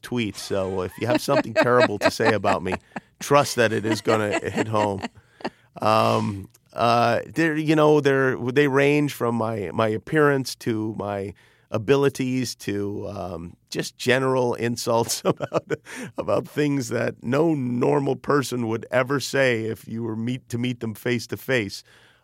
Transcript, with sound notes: so if you have something terrible to say about me, trust that it is going to hit home.
(LAUGHTER)
You know, they range from my appearance, to my abilities, to just general insults about things that no normal person would ever say if you were to meet them face to face.